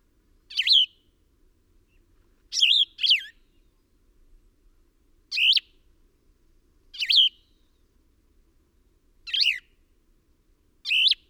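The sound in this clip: Bird giving seven sharp chirping phrases over the span, one pair in quick succession, high and wavering, against a still background.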